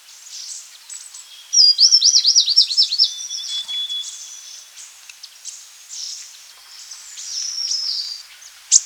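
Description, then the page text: Rufous-winged fulvetta giving a high rapid series of looping, wavering notes over a thin steady tone, followed by scattered high chips and twitters. "Rufous-Winged Fulvetta Calls and Song. Quick Sounds"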